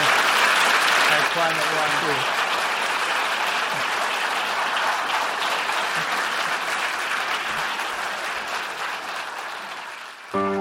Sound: applause

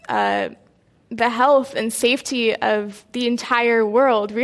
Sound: none

